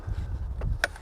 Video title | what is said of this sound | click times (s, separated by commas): Bestop Trektop NX JK 2 Door Install | and then snaps into place. | 0.8 s